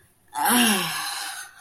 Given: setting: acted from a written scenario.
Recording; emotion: vocal sound without words; ecstasy